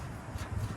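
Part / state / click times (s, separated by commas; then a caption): skid plate mounting clip onto truck frame rail / not seated / none. A spring clip or nut for the transfer case skid plate on a Ford Excursion is handled at the truck's steel frame rail as it is about to be pushed on, with low rumbling handling noise and soft shuffling throughout. Nothing has seated or clicked yet.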